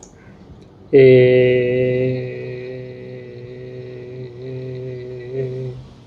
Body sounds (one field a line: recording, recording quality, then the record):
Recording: sustained vowel as in made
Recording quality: excellent, no background noise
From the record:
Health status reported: healthy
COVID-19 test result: not tested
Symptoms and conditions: none ticked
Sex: male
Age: 53 years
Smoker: not ticked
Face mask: not worn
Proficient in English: yes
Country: India